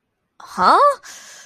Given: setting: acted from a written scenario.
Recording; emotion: vocal sound without words; confusion